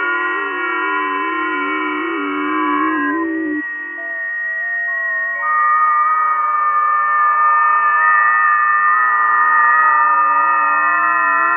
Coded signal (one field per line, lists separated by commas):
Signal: FT8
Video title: ARRL Field Day 2021 - Part 4: "W2XRX Field Day Contest Results!" Final Wrap-Up & Antenna Disassembly